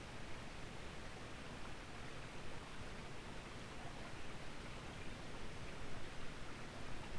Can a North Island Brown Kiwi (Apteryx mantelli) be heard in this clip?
no